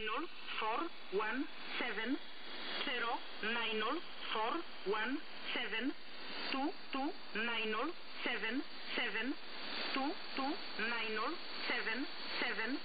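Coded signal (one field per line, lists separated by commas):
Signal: numbers station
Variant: E11a, English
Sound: female-style voice reading single digits one by one, evenly spaced, over radio hiss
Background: radio static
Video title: Number Station E11a, 6923 KHz USB, voice message. Номерная станция E11a (SDR RTL2832U)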